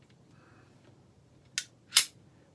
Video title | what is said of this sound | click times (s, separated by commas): How a Range Safety Officer Teaches New Shooters in The Range. (Roleplay Edition) | you hear that click and go forward just let it slide forward just let it you know you're going to push | 1.6 s